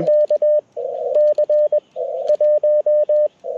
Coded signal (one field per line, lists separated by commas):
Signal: Morse code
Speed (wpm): 21 wpm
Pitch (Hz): 600 Hz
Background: radio noise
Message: KC1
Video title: Set Up to Break Down, Full POTA Activation Process - 10/14/23 @ K-4451